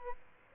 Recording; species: mosquito wingbeat signal from an infrared sensor; Aedes albopictus